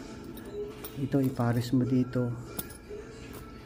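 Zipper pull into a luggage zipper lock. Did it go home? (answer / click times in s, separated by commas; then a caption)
yes / 2.6 s. A zipper pull is pushed into the built-in lock on a carry-on bag while someone talks. A single sharp click is heard at 2.6 s as the pull seats and locks for that zipper.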